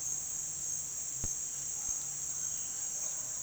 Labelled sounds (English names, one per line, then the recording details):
none
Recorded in dense forest near Puerto Asís, Putumayo, Colombia, on 29 June 2025 at 09:00
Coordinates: 0.466, -76.327
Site GP04